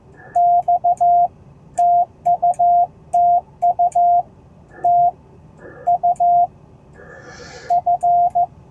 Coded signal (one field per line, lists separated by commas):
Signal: Morse code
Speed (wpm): 14 wpm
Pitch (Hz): 700 Hz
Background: none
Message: X TU TU TU F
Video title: Successful POTA Activation Down Town Indianapolis!